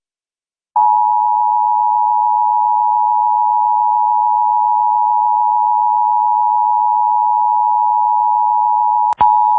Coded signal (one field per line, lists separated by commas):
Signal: Emergency Alert System (SAME) tones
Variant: 853 and 960 Hz attention tone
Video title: EAS National Periodic Test